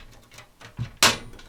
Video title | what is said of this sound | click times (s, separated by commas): HOW TO BUILD A PC PART 1 - step-by-step | And you can hear that click. That went in. | 1.0 s